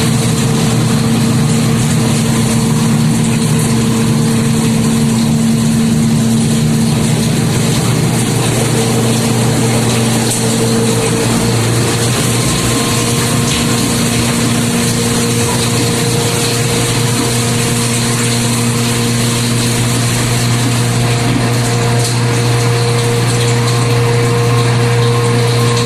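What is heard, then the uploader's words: A dishwasher runs with a steady low hum and a constant motor drone holding several fixed tones. A soft watery hiss churns over it, growing a little busier around the middle. The sound stays even and unbroken for the whole stretch, with no distinct events. Dishwasher recordings made in the kitchen by Dan Bodah at Dorchminster Mansion, November 2008.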